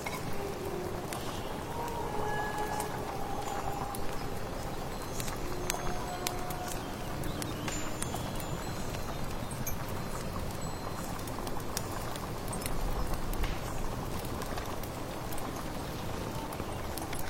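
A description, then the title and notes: Steady rustling rain fills the scene, with a crackling fire giving frequent sharp little pops and snaps throughout. Brief faint bird chirps and thin whistles surface now and then, mostly in the first half, over a low constant rumble. Come to the mysterious late autumn forest, stir your magic amulet soup, accompanied by birdsong, firewood, rustling rain.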